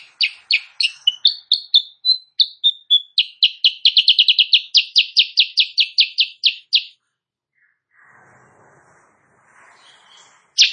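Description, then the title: Sooty-headed bulbul song: a quick run of bright, high chirped notes that speed up and hold steady for several seconds, followed by quiet rustling and one final chirp. Actively singing ('gacor') in the morning, used as master audio for training songbirds; said to provoke other birds into answering. "Masteran Kutilang Sutra. Kutilang Sutra GACOR pagi hari bikin lawannya AUTO NYAUT"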